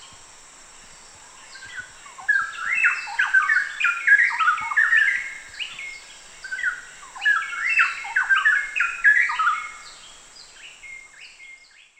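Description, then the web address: Straw-headed bulbul singing a long bubbling, tumbling phrase of rich whistled notes, loudest in the middle and fading toward the end, over a constant high-pitched hiss. Recorded in Danum Valley on 1 August 2009. "DANUM 20090801. straw-headed bulbul"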